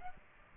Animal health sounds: mosquito wingbeat signal from an infrared sensor; Aedes aegypti

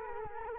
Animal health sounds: mosquito wingbeat signal from an infrared sensor; Culex quinquefasciatus

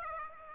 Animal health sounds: mosquito wingbeat signal from an infrared sensor; Aedes aegypti

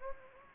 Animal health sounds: mosquito wingbeat signal from an infrared sensor; Anopheles gambiae

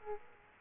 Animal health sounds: mosquito wingbeat signal from an infrared sensor; Aedes aegypti

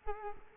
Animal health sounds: mosquito wingbeat signal from an infrared sensor; Culex quinquefasciatus

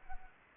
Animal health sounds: mosquito wingbeat signal from an infrared sensor; Anopheles arabiensis

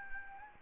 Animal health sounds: mosquito wingbeat signal from an infrared sensor; Anopheles arabiensis

